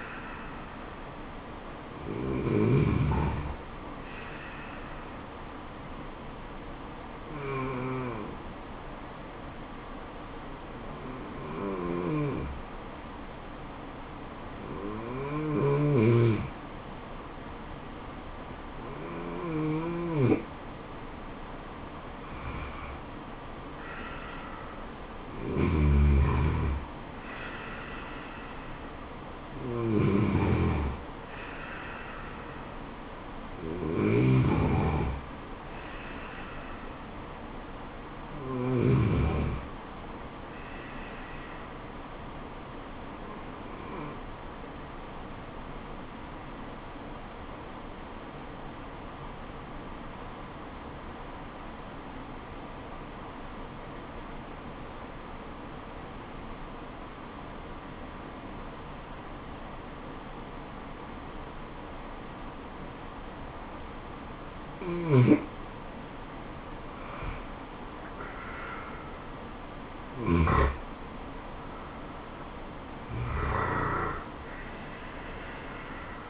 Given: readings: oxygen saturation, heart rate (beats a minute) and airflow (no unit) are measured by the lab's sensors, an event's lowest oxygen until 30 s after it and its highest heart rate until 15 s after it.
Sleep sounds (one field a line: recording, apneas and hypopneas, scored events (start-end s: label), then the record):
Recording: breathing in sleep by a voice recorder at the bedside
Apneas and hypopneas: 2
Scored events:
6.00-25.50 s: hypopnea (N2, oxygen 95% highest, then 93% lowest, heart rate 72 at the start, 84 highest)
44.00-68.10 s: obstructive apnea (N2, oxygen 96% highest, then 89% lowest, heart rate 76 at the start, 80 highest)
From the record:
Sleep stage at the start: N2 (light sleep)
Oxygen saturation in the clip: 93 to 96%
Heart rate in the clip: 67 to 84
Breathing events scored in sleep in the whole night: 426 in 7.4 hours asleep